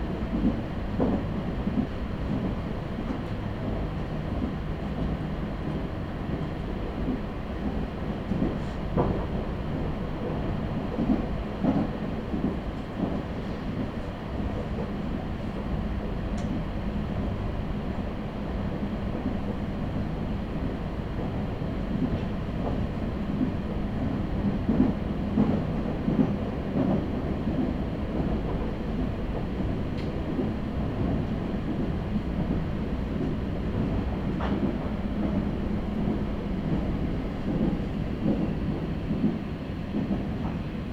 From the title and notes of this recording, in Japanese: 名古屋鉄道 西尾線 吉良吉田→新安城→知立。同じルートを戻って新安城を通り知立まで行きます。行きは普通でしたが帰りは急行ということで、西尾線内で4駅、本線で1駅飛ばしていきますが、神宮前まで急行でそこから普通列車に変わっています。